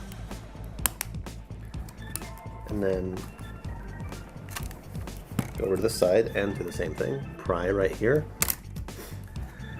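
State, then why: Released. Someone talks while prying the plastic back cover of a New 3DS handheld game console at a corner after loosening its captive screws, with light clicks and handling noises throughout. At 8.5 s the cover unclips from the console body with a sharp snap and is released.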